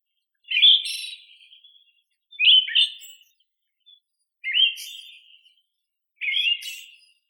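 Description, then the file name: Siberian thrush song: four short whistled phrases about two seconds apart, each a sharp slurred note trailing into a thin buzzy tail. "Zoothera sibirica song"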